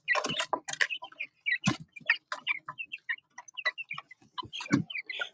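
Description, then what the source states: Chicken chick calls, a steady scatter of brief high peeps, mixed with occasional rustling and knocks. Cornish cross chicks in a 4x4 coop shelter on a farm in Bear River, Nova Scotia, on a day of raw easterly wind; checked for food, water and temperature.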